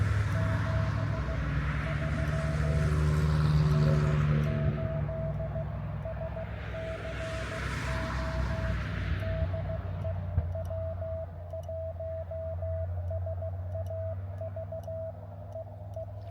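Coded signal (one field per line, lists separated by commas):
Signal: Morse code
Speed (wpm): 15 wpm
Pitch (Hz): 650 Hz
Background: music, radio noise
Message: 73 N8SCO DE W1SAV EE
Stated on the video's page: Morse during a park activation near Big Bear, California.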